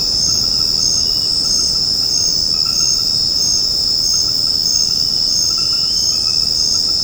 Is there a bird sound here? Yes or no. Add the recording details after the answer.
no. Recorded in secondary vegetation near Puerto Asís, Putumayo, Colombia, on 9 March 2025 at 20:30. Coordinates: 0.481, -76.318. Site G097